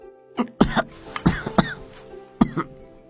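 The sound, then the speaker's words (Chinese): A person coughs after choking on porridge while eating it: a run of harsh, sputtering coughs in quick uneven bursts, several sharp barks close together followed by a final hacking pair, loud and with no talking. “正喝粥的公孙被粥呛到了，一个劲儿咳嗽。”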